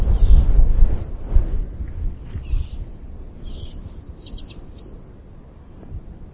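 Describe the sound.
Helan Mountain accentor giving a faint brief chirp early, then a longer high, tinkling run of quick notes midway, against gusty low rumbling wind.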